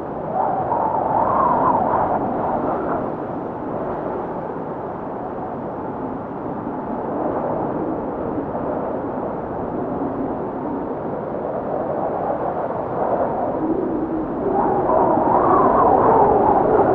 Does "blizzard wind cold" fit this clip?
yes